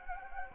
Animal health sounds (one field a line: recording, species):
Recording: mosquito wingbeat signal from an infrared sensor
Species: Anopheles gambiae